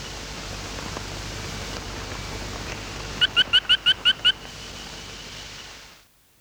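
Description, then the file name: Fry's frog calling: a single run of seven quick, clipped chirps lasting about a second, set against constant hissing background noise. "Austrochaperina fryi"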